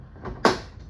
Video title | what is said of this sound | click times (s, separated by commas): SAMSUNG UN70NU6900F NO VIDEO FLASHING SCREEN FIX WITH PAINTER'S TAPE | lift nicely and see if it'll snap back in just that quick | 0.4 s